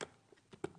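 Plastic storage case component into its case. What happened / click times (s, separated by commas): The plastic case part clicked into place / 0.0 s, 0.6 s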